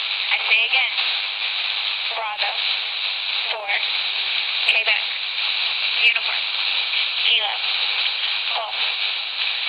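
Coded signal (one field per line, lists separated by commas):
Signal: numbers station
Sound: short, evenly spaced spoken words, faint under steady radio hiss, about seven in ten seconds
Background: radio static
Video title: Spy Numbers 2014.09.28- on 8.992MHz USB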